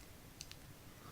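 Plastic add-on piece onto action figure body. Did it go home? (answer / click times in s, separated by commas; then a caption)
no / none. A plastic add-on piece is pressed onto a new Super7 Micronauts ReAction+ Time Traveler action figure to test the fit, giving two light contact ticks at about 0.4 and 0.5 seconds over quiet background. Nothing snaps in place; the piece just sits there loosely.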